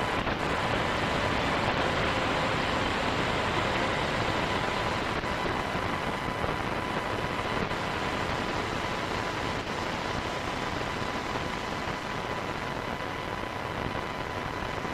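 Radio interference fills the whole 15 seconds as a dense, unbroken hiss and rumble that holds at one steady level. Thin, faint whines run constantly through the middle and upper range, with a few brief clicks around the fifth, eighth and tenth seconds.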